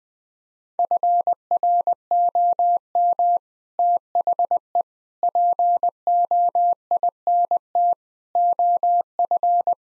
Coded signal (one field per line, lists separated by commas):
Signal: Morse code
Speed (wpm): 20 wpm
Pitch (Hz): 700 Hz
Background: none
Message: FROM THE POINT OF